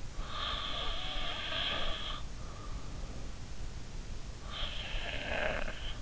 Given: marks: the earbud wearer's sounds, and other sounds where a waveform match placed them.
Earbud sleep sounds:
sounds in sleep by an in-ear microphone; snoring breath
0.23-2.84 s: snoring breath
4.48-6.02 s: snoring breath

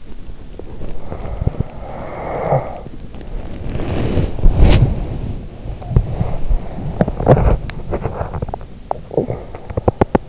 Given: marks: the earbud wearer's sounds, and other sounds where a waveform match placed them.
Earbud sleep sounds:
sounds in sleep by an in-ear microphone; body movement, breath, teeth grinding
0.00-8.77 s: body movement
1.20-3.05 s: breath
6.96-10.29 s: teeth grinding
9.01-9.66 s: breath

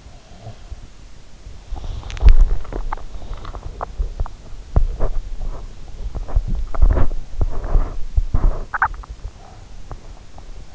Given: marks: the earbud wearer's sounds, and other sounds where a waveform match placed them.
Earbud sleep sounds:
sounds in sleep by an in-ear microphone; body movement, swallowing
0.08-10.75 s: body movement
1.64-3.54 s: swallowing

